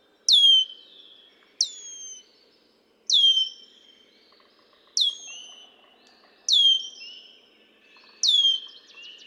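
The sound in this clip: Red-winged blackbird singing six loud, bright, downslurred phrases with trailing tails, roughly every one and a half seconds, with faint twittering of other birds behind.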